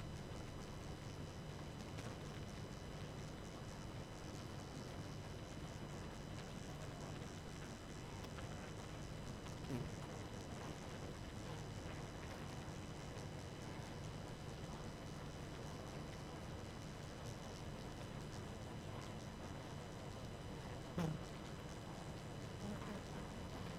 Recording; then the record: honeybee colony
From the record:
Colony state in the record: active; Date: 12 June 2018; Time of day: 22:36